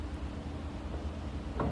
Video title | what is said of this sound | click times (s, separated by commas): How to use the NuStep | It'll lock into place. | 1.6 s